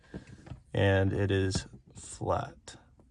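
A new LED festoon bulb is being fitted into the interior dome/map light housing of a Tundra pickup, checked for correct polarity and that it sits flat, replacing the stock halogen bulb. Someone talks over faint handling sounds with small ticks around 0.5 s and 3.0 s. The bulb and lens have not snapped into place yet and nothing has seated or clicked.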